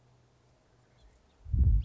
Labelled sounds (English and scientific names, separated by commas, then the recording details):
House Finch (Haemorhous mexicanus)
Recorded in Sonoma County, California